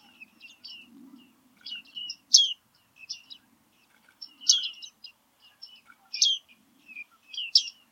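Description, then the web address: Bearded reedling calls, short bright pinging and twanging notes given in scattered bursts, some louder than others, with pauses between. Call recorded in 2019. "geluiden baardman 2019 roep"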